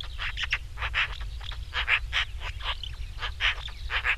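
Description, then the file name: Eurasian magpie giving harsh, rapid chattering calls in repeated bursts, over a steady low hum. "Pica pica"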